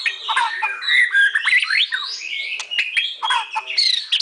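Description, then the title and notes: White-rumped shama singing a dense, continuous stream of varied whistles, sliding notes, clicks and buzzy phrases without pause. Masteran (training) song recording for songbirds. "Masteran Murai Batu"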